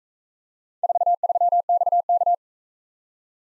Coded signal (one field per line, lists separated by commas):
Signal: Morse code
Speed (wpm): 40 wpm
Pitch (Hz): 700 Hz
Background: none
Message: 43XK